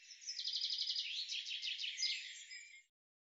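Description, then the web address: Bird song, a quieter high trill of evenly spaced notes followed by a jumbled descending ending. "cianscape birddata Deverinetal 2025 Bird Fr Co"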